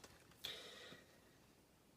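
A plastic building-brick roof section is pressed onto the model's studs, with a faint tick at 0.0 s and a sharp click at 0.5 s followed by a brief ringing tail. The piece holds in place but is only partly seated, missing the stud by about a millimetre and not seating correctly.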